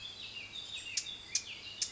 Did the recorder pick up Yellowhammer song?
no